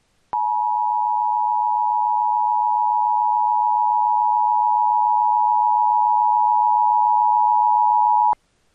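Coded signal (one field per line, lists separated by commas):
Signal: Emergency Alert System (SAME) tones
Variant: 853 and 960 Hz attention tone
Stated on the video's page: Entirely fictional EAS scenario based on a horror film, possibly with valid EAS tones.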